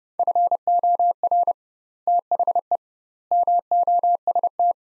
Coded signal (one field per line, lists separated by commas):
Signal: Morse code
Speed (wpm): 32 wpm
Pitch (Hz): 700 Hz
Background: none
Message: FOR THE MOST